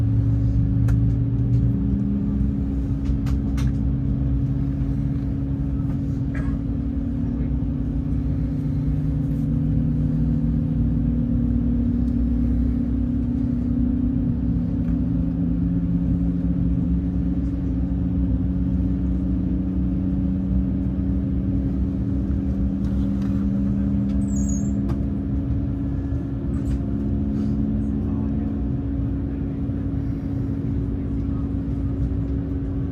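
Airliner engines drone steadily through a flight, a dense low roar with a constant hum that barely changes across the half minute. Faint clicks and brief higher tones surface now and then, including a short bright chime-like sound near the twenty-five second mark.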